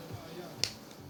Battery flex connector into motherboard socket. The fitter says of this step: Voilà, on a bien entendu le clic.